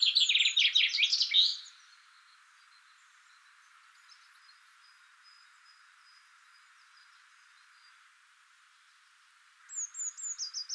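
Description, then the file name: Common chaffinch song: a dense, quick descending trill at the start, then a long near-silent pause, then a run of high falling notes begins. "Fringilla coelebs"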